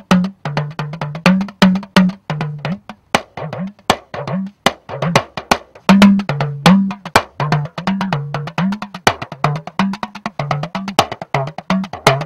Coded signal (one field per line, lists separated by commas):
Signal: talking drum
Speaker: we're going to listen to the talking drum and the language of the drum so that you can hear in this first clip the tap dancing that comes from the drum so this is the first clip number one